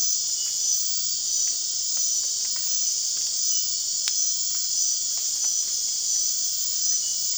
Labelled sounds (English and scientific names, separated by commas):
none